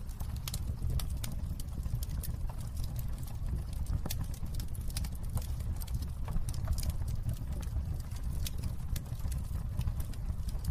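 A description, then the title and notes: A fireplace crackles with frequent sharp pops scattered throughout, over a steady low rumble and soft rain-like hiss filling the background. All Raw and mixed audio recorded on: Focusrite Scarlett CM25, Focusrite Scarlett 2i2 Audio interface. Fireplace Crackling.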